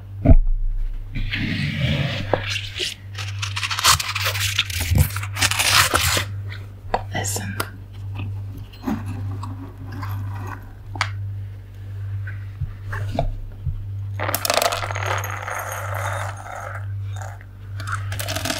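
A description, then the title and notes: Rubber gloves squeak, rub and scrape in a small kitchen, with bursts of bright rubbing around the first six seconds and again from about fourteen to seventeen seconds. Quieter, scattered handling sounds fill the middle, and a steady low hum runs underneath throughout. Rubber Gloves, in My Kitchen. I'm in my kitchen, wearing rubber gloves.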